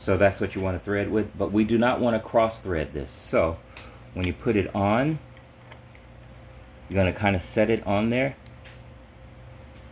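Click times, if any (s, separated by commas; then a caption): none. Someone talks while a threaded bottom bracket cup is set onto the threads of an ebike frame shell and lined up, before being twisted backward to find the thread start and avoid cross threading. Two faint, brief ticks come in a quiet pause near 5.7 and 6.0 seconds, followed by more talking. Nothing has seated or clicked yet.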